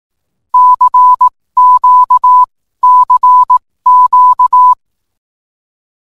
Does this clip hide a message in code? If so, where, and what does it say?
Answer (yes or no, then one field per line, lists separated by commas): yes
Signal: Morse code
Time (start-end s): 0.5-4.7 s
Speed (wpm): 18 wpm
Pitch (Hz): 1000 Hz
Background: none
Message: CQCQ